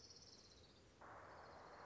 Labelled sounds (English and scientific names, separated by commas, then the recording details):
Orange-crowned Warbler (Leiothlypis celata)
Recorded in Sonoma County, California